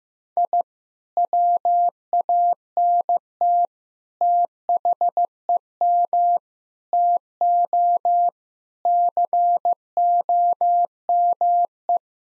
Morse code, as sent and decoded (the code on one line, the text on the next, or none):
.. / .-- .- -. - / - .... . -- / - --- / -.-. --- -- .
I WANT THEM TO COME